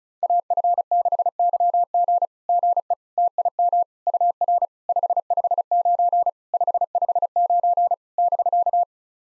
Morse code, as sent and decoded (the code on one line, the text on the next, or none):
.- ..-. -.... -.-- --. / --. . / - .. -- / ..- .-. / ..... ..... ----. / ..... ..... ----. / -...-.-
AF6YG GE TIM UR 559 559 <BK>